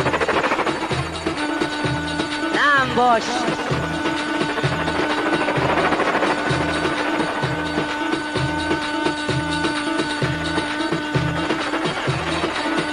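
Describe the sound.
A Hauran mijwiz double-reed pipe plays at a Hauran wedding celebration: a loud, buzzy, continuous melody with a quick sliding run early on, over a steady, evenly spaced thumping drum beat; a voice briefly calls out.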